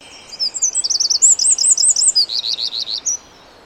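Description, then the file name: Eurasian wren song: a loud, fast run of high looping trills, changing pattern several times across about three seconds. "Troglodytes troglodytes"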